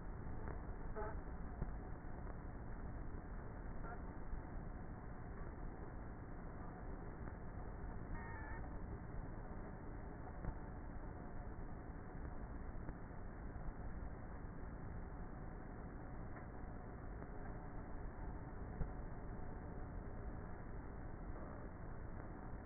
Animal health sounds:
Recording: honeybee colony, microphone inside the hive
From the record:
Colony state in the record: queenless with a low population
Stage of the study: before two queens were removed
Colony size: about 30,000 bees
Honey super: no

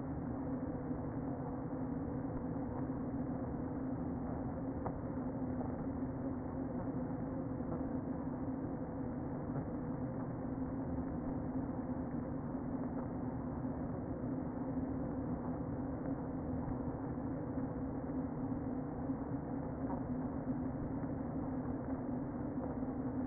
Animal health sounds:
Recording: honeybee colony, microphone inside the hive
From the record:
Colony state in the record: queen present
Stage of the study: before two queens were removed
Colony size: about 60,000 bees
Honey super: yes

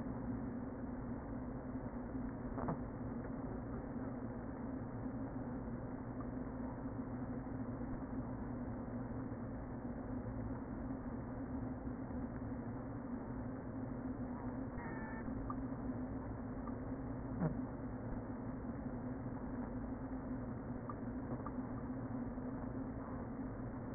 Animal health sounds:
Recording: honeybee colony, microphone inside the hive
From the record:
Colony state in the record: queen present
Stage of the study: before two queens were removed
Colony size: about 60,000 bees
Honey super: yes

